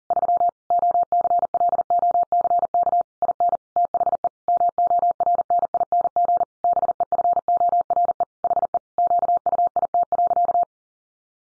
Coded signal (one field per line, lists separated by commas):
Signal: Morse code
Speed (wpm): 37 wpm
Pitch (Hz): 700 Hz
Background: none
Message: 3 OCLOCK IN THE MORNING BEFORE HE QUIT.